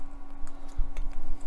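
A plastic knee detail is pressed onto the left thigh assembly of a Fanhome Iron Man MK111 scale model kit. Two small ticks are heard at 0.5 s and 1.0 s as it snaps home, and the piece is seated in place.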